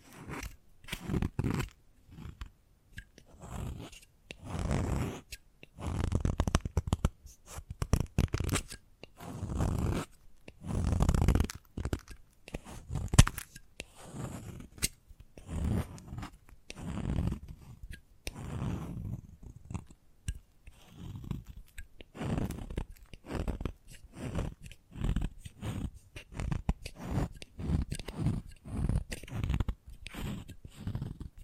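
Chalk tapped, scratched and carved in quick irregular bursts, gritty crunching strokes with short silences between, steady through the whole stretch.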